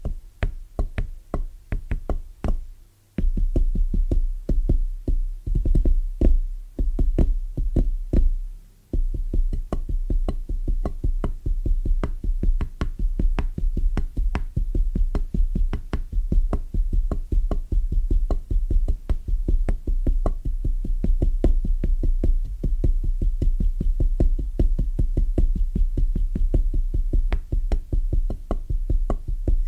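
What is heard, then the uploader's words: Rhythmic tapping, bassy and soft, runs through the whole clip as a fast, steady stream of knocks over a deep low hum. The pattern breaks briefly around three seconds and again near nine, then carries on evenly to the end. ASMR Rhythmic Tapping Bassy & Soft No Talking.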